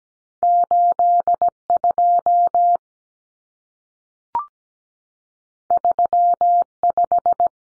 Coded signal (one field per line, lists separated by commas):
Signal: Morse code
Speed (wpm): 17 wpm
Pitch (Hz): 700 Hz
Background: none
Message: 82 35